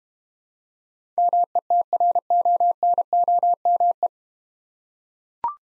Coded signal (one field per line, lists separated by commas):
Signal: Morse code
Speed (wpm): 30 wpm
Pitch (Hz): 700 Hz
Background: none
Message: METRONOME